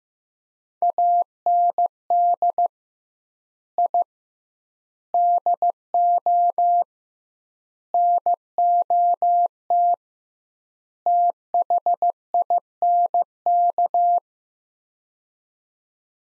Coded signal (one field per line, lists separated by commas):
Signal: Morse code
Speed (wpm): 15 wpm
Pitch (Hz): 700 Hz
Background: none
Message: AND I DO NOT THINK